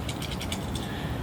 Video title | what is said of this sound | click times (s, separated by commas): Unleashed Solid Final Stage Installation for Nerf Strongarm by Orange Mod Works | and press down. It should snap right in place. | 0.1 s, 0.5 s